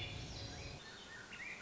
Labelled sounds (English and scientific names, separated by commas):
Swainson's Thrush (Catharus ustulatus)